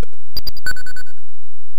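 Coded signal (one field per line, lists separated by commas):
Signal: none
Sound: game sound effect beeps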